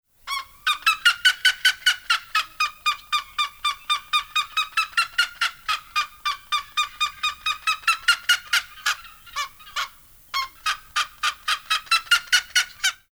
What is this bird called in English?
Black-legged Seriema